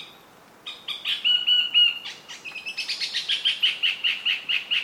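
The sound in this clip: Fantail chirping calls: a few sharp high chips, then a long run of rapidly repeated squeaky pulsed notes.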